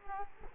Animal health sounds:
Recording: mosquito wingbeat signal from an infrared sensor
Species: Culex quinquefasciatus

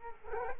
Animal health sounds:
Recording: mosquito wingbeat signal from an infrared sensor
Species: Culex quinquefasciatus

